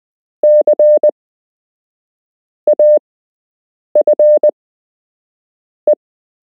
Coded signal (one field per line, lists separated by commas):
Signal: Morse code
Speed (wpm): 20 wpm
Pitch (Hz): 600 Hz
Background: none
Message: CAFE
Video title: You can learn Morse code - Part 2